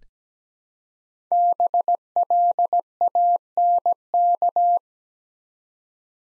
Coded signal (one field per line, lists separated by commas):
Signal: Morse code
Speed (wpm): 17 wpm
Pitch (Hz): 700 Hz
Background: none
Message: BLANK